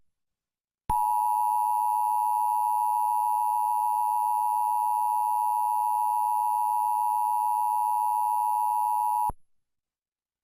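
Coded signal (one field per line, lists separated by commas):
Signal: Emergency Alert System (SAME) tones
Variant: 853 and 960 Hz attention tone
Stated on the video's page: Fictional simulated alert from a local government, interrupting a local forecast.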